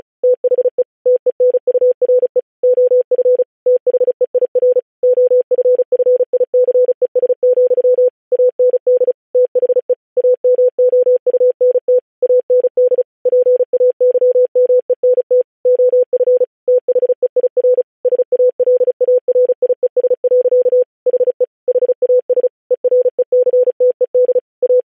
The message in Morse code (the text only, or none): THE TENURE OF THEIR OFFICES, AND THE AMOUNT AND PAYMENT OF THEIR SALARIES. HE HAS ERECTED A